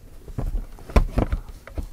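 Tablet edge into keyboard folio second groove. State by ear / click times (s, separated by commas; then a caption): seated / 1.0 s. An iPad Pro (2018) tablet is moved so its edge sits in the second magnetic groove of its keyboard folio, giving a different viewing angle. Soft handling taps lead up to a sharp snap at 1.0 s, followed by a few lighter knocks. The keyboard case stand locks into its second angle.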